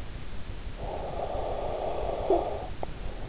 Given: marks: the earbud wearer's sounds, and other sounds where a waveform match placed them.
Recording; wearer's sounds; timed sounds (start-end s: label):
sounds in sleep by an in-ear microphone; snoring breath
0.57-3.21 s: snoring breath